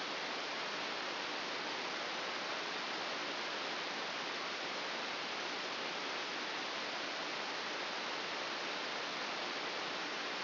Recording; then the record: brain microelectrode recording played as sound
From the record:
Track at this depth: outside the subthalamic nucleus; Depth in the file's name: 6.201 mm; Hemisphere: right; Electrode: 2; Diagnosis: Parkinson's disease